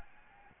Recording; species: mosquito wingbeat signal from an infrared sensor; Aedes albopictus